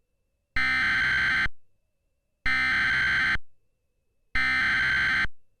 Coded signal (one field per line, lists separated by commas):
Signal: Emergency Alert System (SAME) tones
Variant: header bursts